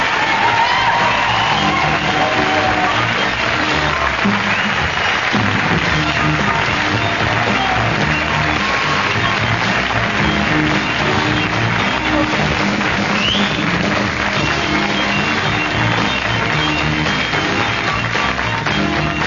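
A live audience at a taping of The Frantics in the Blue Orchid Room at the Ontario College of Art claps and cheers in a dense, steady roar of applause that stays loud for the whole stretch, with scattered whoops and shouts rising above the clapping.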